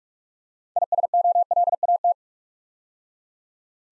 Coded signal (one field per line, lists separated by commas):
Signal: Morse code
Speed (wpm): 44 wpm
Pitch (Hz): 700 Hz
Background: none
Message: ISOLAT